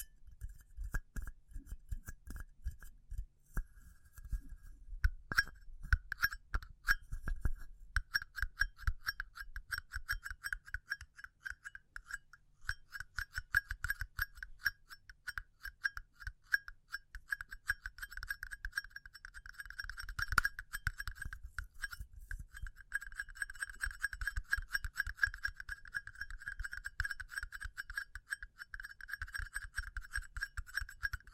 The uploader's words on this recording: ASMR Pure Tapping Fast and Slow (No Talking).